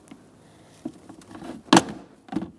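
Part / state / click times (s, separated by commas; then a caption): glovebox into the dashboard / seated / 1.8 s. The plastic glovebox of a 2013-2022 Buick Encore 1.4L L4 is pushed up into the dashboard, with a few faint taps and rustles before it. A loud, sharp click at 1.8 s is the glovebox locking into place, followed by a softer knock around 2.3 s.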